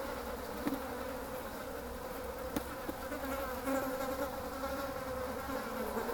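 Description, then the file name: Fly buzzing as a constant low hum that rises a little in loudness toward the end. "These Flies"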